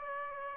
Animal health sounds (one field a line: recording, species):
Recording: mosquito wingbeat signal from an infrared sensor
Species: Aedes aegypti